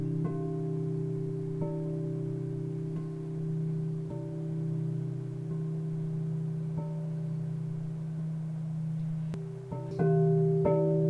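Crystal singing bowls hum in a steady, low, layered drone, with soft struck tones sounding every second or so and a brighter swell near ten seconds.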